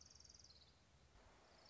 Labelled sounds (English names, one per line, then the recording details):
Orange-crowned Warbler
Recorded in Sonoma County, California